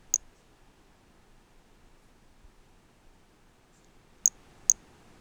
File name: Brachycephalus mirissimus 15 jan 2018 individual 09 ex 05 20-50 cm two initial notes missing with wing M R Bornschein collected MHNCI